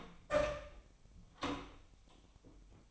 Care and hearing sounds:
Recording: daily activity, microphone in the room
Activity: open door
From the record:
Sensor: 1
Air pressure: 1007.1 hPa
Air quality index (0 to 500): 202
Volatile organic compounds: 21 ppm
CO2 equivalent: 2735 ppm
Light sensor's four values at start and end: 13/32/13/14 and 13/32/13/14

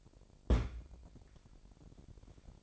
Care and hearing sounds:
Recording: daily activity, microphone in the room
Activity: place on stove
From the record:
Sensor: 5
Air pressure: 1012.1 hPa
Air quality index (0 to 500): 234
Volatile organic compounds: 4 ppm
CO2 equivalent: 1556 ppm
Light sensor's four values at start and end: 47/105/45/49 and 48/107/46/50

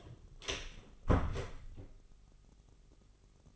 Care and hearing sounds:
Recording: daily activity, microphone in the room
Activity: close door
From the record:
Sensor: 4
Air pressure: 996.9 hPa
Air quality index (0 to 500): 40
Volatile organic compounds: 1 ppm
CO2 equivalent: 642 ppm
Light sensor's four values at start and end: 18/42/17/17 and 19/45/18/19

